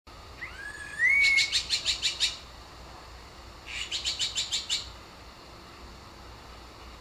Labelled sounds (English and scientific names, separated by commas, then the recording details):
Azure-winged Magpie (Cyanopica cyanus) call
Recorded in captivity
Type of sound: call sequence
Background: Garrulax milnei
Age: adult
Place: Zoo Berlin, Berlin, DE
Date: 1997-08-19 11:21
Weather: fair, 26-28°C
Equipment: Marantz CP 130, Mikro CE, Kopie Uher 4000 Report Monitor
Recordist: Tembrock, Günter
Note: 11:16 bis 14:09 min)